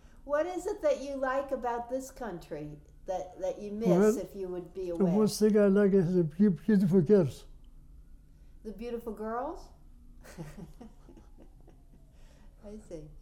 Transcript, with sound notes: What is it that you like about this country that you miss if you would be away?
The best thing I like is the beautiful girls.
The beautiful girls? ( she laughs ) I see.